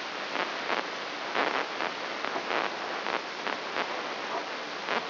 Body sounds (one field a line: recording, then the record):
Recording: brain microelectrode recording played as sound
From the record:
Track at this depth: outside the subthalamic nucleus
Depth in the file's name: 7.86 mm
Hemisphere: left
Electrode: 3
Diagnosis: Parkinson's disease